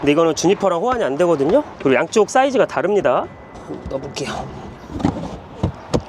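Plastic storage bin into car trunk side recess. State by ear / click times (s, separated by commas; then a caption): seated / 5.6 s, 5.9 s. Someone talks while a plastic storage bin is pressed into the side recess of a Model Y SUV trunk. Two short knocks are heard at 5.6 s and 5.9 s as it goes in. The bin snaps into place and fits perfectly.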